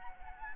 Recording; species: mosquito wingbeat signal from an infrared sensor; Aedes albopictus